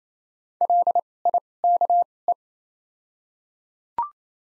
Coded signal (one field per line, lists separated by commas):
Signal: Morse code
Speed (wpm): 28 wpm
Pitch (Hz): 700 Hz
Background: none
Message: L I K E